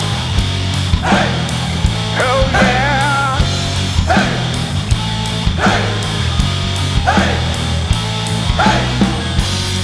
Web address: Chicken